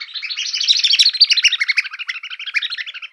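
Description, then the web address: Bird chirping in a fast, dense chatter of short high notes, swelling in the middle then easing off, with a clean silent background. "Xsample. VOGEL"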